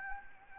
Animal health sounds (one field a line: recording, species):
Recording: mosquito wingbeat signal from an infrared sensor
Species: Anopheles gambiae